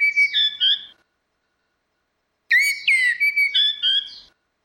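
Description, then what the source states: Orange-headed thrush song: two short bursts of clear whistled notes with sliding, warbled phrases, separated by about a second and a half of silence. Continuous singing (ngeplong), used for training (masteran).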